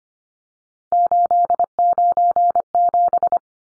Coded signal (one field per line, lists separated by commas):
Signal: Morse code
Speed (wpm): 25 wpm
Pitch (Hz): 700 Hz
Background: none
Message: 897